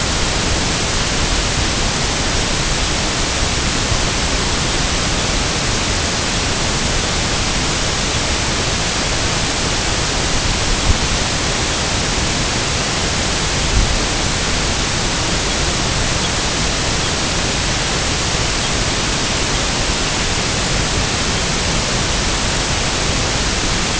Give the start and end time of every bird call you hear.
[15.41, 15.62] American Golden-plover (2.8-4.7 kHz)
[16.14, 16.34] American Golden-plover (2.8-4.7 kHz)
[16.95, 17.14] American Golden-plover (2.5-4.5 kHz)
[18.52, 18.73] American Golden-plover (2.6-4.5 kHz)
[19.45, 19.64] American Golden-plover (2.6-4.4 kHz)

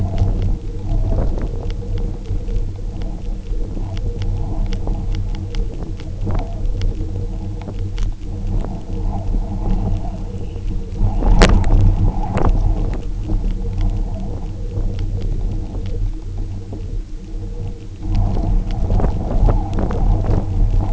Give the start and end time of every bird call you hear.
[9.54, 12.00] Dunlin (2.1-3.2 kHz)

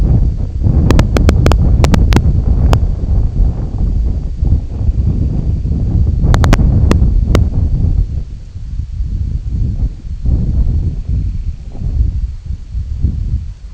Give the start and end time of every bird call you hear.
[9.94, 12.61] Semipalmated Sandpiper (1.9-3.1 kHz)

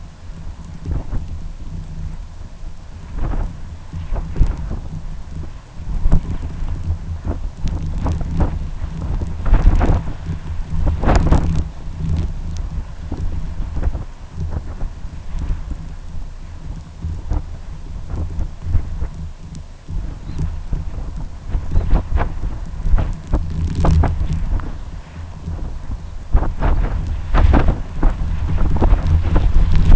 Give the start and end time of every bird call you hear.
[20.11, 20.46] Red Phalarope (3.2-4.7 kHz)
[21.59, 21.91] Red Phalarope (3.1-4.7 kHz)

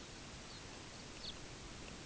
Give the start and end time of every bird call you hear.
[0.32, 1.40] Lapland Longspur (2.8-5.4 kHz)

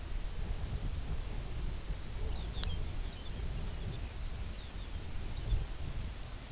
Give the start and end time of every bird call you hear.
[2.08, 5.69] Lapland Longspur (2.1-6.9 kHz)

